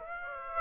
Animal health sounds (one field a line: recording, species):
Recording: mosquito wingbeat signal from an infrared sensor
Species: Aedes aegypti